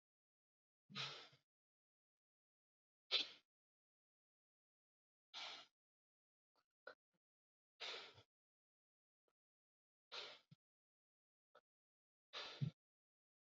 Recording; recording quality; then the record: deep breathing; excellent, no background noise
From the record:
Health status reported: COVID-19 positive, no symptoms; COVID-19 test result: positive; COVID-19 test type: RT-PCR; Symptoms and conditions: sore throat, fatigue, loss of smell and taste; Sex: male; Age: 27 years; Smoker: no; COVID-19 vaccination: both doses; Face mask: not worn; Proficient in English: yes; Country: India